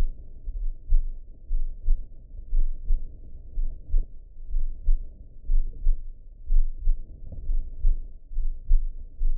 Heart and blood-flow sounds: heart sounds by optical stethoscope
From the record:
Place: aortic valve (AV)

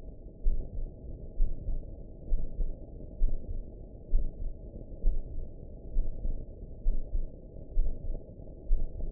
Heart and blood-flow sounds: heart sounds by optical stethoscope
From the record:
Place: pulmonary valve (PV)

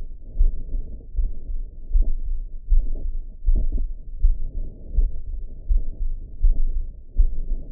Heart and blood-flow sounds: heart sounds by optical stethoscope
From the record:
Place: mitral valve (MV)

